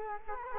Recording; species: mosquito wingbeat signal from an infrared sensor; Culex quinquefasciatus